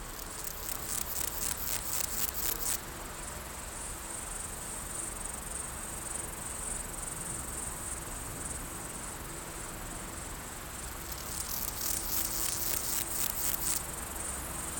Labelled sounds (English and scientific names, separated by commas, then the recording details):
Water-meadow Grasshopper (Chorthippus montanus) stridulation
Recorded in the wild
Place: Eutin, Holsteinische Schweiz, Schleswig-Holstein, DE
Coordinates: 54.132, 10.614
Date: 1992-09-15 15:02
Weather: leicht windig, 18°C
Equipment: Marantz CP 430, Sennheiser ME 80, Kopie Tesla B 116
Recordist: Tembrock, Günter